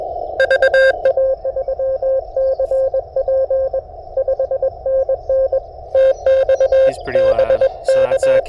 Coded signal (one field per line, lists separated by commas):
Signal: Morse code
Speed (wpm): 22 wpm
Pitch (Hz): 530 Hz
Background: radio noise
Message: VA3CP 5NN TX BK